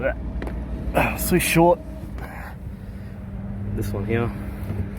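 In the cargo area of a Toyota Land Cruiser 200 series, a folded-up rear seat section is handled and pushed up toward its stowed position, where a small magnet at the bottom holds it in place so it doesn't rattle. Someone talks over a low steady vehicle hum, with a brief handling sound around 2.2 s. The clip ends before the panel reaches the magnet, so nothing has seated or clicked yet.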